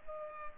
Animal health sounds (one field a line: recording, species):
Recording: mosquito wingbeat signal from an infrared sensor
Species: Culex pipiens